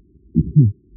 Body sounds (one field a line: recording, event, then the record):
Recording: neck accelerometer signal played as sound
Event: voluntary cough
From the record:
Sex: female